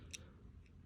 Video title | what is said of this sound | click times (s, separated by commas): Waterproof Connectors of 060 type of US Supplier_2P_3P_4P_5P_6P | once you insert in and you will hear the click sound, that | 0.1 s